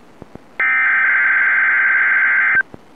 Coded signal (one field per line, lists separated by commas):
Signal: Emergency Alert System (SAME) tones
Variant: header bursts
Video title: MKX RWT EAS 1645